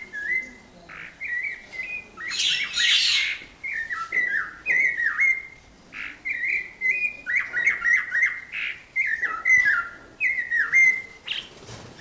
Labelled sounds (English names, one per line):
Snowy-crowned Robin-Chat song